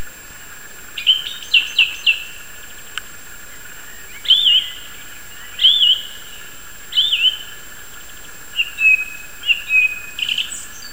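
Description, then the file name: Song thrush delivering varied fluty phrases, the first a rapidly repeated figure, then slurred whistles spaced a second or two apart, ending with a repeated note figure. "singdrossel audioton"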